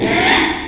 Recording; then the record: squeal of a Yucatan mini pig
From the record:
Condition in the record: after surgery on the right vocal fold (resection and tissue-engineered implant); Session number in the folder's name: 3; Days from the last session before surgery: 33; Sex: male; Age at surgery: 12 weeks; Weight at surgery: 13 kg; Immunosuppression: cyclosporine, prednisolone